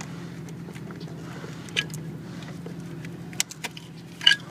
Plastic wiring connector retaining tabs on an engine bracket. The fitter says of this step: push these tabs in that's what you hear click and I'll put them back